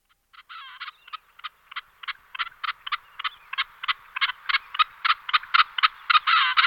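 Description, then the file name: Rock partridge giving a rhythmic series of harsh, chattering notes, about four per second. "orebice-skalní"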